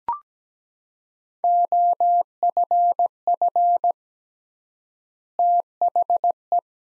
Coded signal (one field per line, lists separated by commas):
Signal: Morse code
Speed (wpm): 17 wpm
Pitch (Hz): 700 Hz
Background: none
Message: OFF THE